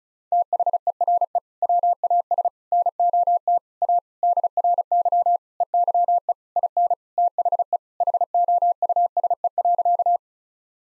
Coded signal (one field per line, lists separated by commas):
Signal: Morse code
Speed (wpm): 36 wpm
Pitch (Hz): 700 Hz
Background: none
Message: THERE WAS NOT A DRY EYE IN THE HOUSE.